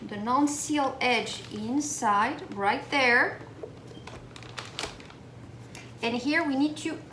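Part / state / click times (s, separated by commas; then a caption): vacuum sealer lid latching onto the sealer base / not seated / none. A plastic food bag is placed in a countertop Geryon vacuum sealer while someone talks, followed by a few short handling taps and clicks between about 4.1 and 5.8 seconds. The lid is being handled but has not yet latched onto the sealer base; nothing has seated or clicked yet.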